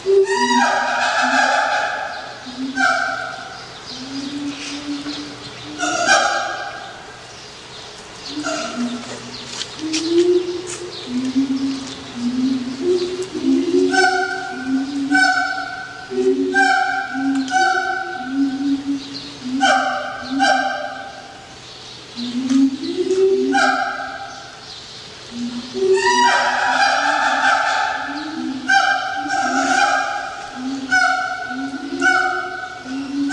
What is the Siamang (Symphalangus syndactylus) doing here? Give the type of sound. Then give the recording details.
song. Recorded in captivity. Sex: pair. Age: adult. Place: Zoo Berlin, Berlin, DE. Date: 1987-07-02. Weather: sunny, 20°C. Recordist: Tembrock, Günter